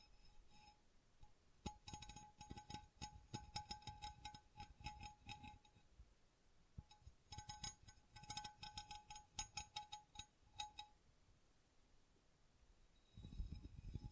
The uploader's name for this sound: Tingly Textures Tapping and Scratching